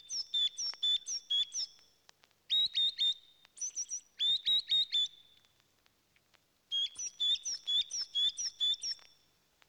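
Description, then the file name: Bird song of high, bright whistled notes with sharp rising flicks, delivered in quick bursts of several notes separated by short pauses. "uccelli birds"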